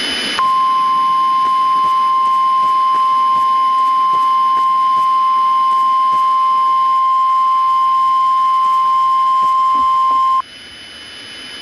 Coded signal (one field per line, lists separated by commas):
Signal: Emergency Alert System (SAME) tones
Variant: 1050 Hz attention tone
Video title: the wedge. (clayranger143 eas scenario recreation)